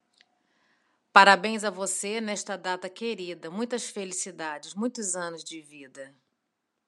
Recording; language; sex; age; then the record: short text; Brazilian Portuguese; female; 40 to 49 years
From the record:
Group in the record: control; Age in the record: 43 years